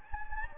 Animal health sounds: mosquito wingbeat signal from an infrared sensor; Anopheles gambiae

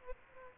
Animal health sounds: mosquito wingbeat signal from an infrared sensor; Aedes aegypti

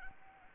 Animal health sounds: mosquito wingbeat signal from an infrared sensor; Anopheles arabiensis

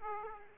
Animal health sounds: mosquito wingbeat signal from an infrared sensor; Aedes aegypti

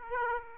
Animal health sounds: mosquito wingbeat signal from an infrared sensor; Aedes aegypti

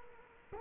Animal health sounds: mosquito wingbeat signal from an infrared sensor; Culex quinquefasciatus

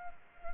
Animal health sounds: mosquito wingbeat signal from an infrared sensor; Anopheles gambiae

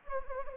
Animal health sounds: mosquito wingbeat signal from an infrared sensor; Anopheles gambiae

